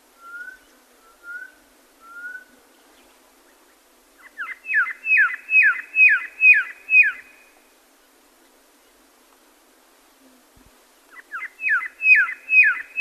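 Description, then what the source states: Red-lored Whistler calling: three soft, level whistles, then a fast series of high, downward-sweeping notes, a pause, and another series starting. Recorded in a nature reserve in New South Wales, Australia, on Yungpa Country; high-pitched 'ear, ear' call.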